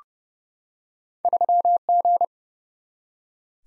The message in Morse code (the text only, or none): 3G